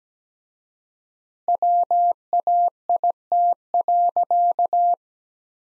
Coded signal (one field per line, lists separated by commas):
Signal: Morse code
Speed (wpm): 17 wpm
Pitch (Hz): 700 Hz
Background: none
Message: WAIT.